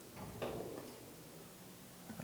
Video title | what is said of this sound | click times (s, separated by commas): How to Bleed Brakes 2012-2017 Toyota Camry | make sure it clicks and then we'll top this off with Dot 3 brake fluid | 0.4 s